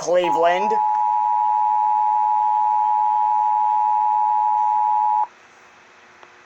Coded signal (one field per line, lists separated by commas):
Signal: Emergency Alert System (SAME) tones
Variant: 853 and 960 Hz attention tone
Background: speech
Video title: EAS 446 SVR NWS CLEVELAND